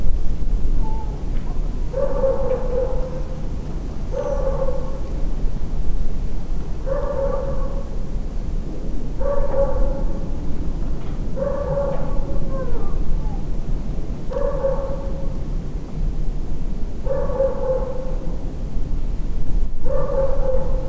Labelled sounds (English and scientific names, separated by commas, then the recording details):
Redwing (Turdus iliacus)
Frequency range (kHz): Redwing (Turdus iliacus) 5.6-6.5 kHz
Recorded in France